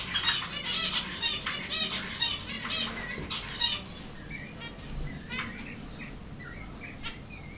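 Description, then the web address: Zebra finches chattering busily with many overlapping calls early on, easing into occasional single short calls later. Finches at Jászberény Zoo in 2015. "allathangok jaszberenyizoo 2015 professzionalis zebrapinty pintyek"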